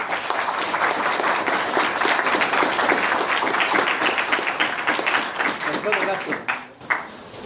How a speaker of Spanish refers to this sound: Ahí está mi esposa, mis hijos, pues un aplauso para las mujeres.